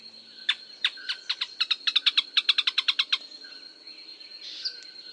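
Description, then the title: Canebrake groundcreeper calling a rapid run of many sharp, clipped notes that quicken and then stop, with a steady high background tone. "LuckyPassaro Completos2Sama. Canebrake Groundcreeper (Clibanornis dendrocolaptoides)"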